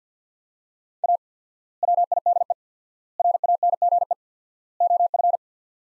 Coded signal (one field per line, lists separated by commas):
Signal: Morse code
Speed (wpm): 50 wpm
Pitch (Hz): 700 Hz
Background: none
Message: A WIDE RANGE OF